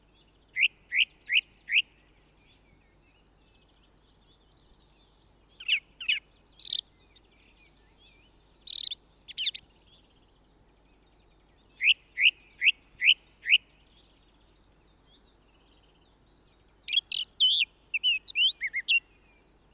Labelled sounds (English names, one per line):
Song Thrush song